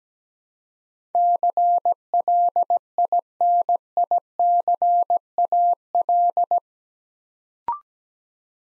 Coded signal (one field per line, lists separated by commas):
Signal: Morse code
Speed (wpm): 17 wpm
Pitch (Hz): 700 Hz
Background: none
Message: CLINICAL